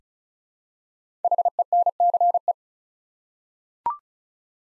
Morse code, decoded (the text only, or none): HENCE